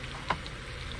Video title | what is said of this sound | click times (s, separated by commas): Lithium Fillet Knife showdown… BUBBA BLADES PRO SERIES VS BASS PRO SHOPS XPS | get one of these out so these snap into place if | 0.3 s